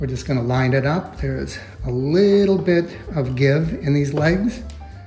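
Someone talks while a metal footrest ring is lined up on the legs of a swivel counter stool, ready to be pushed down so it snaps into place. Nothing has seated or clicked yet.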